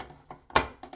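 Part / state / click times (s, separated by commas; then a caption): funnel lid onto film developing tank / seated / 0.6 s. A plastic funnel lid is pushed onto a film developing tank holding a loaded reel. After a few soft taps around 0.3 s and 0.5 s, the lid locks in with a sharp click at 0.6 s, followed by light knocks near 0.8 and 0.9 s. The lid is seated and locked, so the tank can then be lifted to test it.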